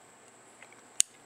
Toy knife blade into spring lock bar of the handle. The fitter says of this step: and then you have to cut out in the blade and it locks into place